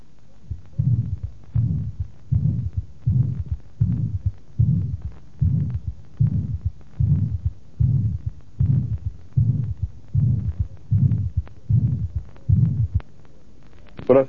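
Regular heartbeats near 80 a minute with a weakened first heart sound and a blowing systolic murmur, typical of mitral regurgitation.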